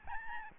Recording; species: mosquito wingbeat signal from an infrared sensor; Aedes albopictus